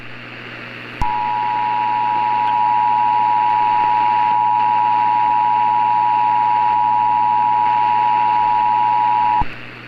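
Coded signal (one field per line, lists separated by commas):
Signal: Emergency Alert System (SAME) tones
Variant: 853 and 960 Hz attention tone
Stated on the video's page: Fictional EAS scenario.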